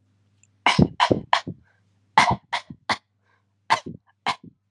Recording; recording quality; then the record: shallow voluntary cough; excellent, no background noise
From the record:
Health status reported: healthy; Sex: male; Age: 26 years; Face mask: not worn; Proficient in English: yes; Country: India